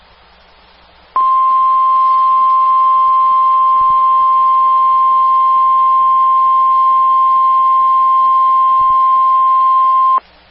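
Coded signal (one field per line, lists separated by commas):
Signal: Emergency Alert System (SAME) tones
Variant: 1050 Hz attention tone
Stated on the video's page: Real severe thunderstorm warning with valid SAME tones.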